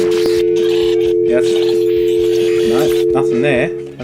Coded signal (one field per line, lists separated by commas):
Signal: telephone call progress tone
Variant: North America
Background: speech, music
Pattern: dial tone